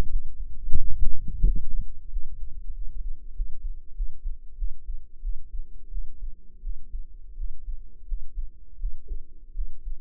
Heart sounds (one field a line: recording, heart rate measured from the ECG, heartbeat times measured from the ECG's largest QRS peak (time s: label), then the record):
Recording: heart sounds by microphone in the right ear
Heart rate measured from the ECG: 89 bpm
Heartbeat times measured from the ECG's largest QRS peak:
0.07 s: heartbeat
0.75 s: heartbeat
1.43 s: heartbeat
2.08 s: heartbeat
2.72 s: heartbeat
3.32 s: heartbeat
3.93 s: heartbeat
4.55 s: heartbeat
5.20 s: heartbeat
5.89 s: heartbeat
6.60 s: heartbeat
7.34 s: heartbeat
8.05 s: heartbeat
8.77 s: heartbeat
9.52 s: heartbeat
From the record:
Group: healthy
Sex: female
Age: 22 years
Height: 160 cm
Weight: 45 kg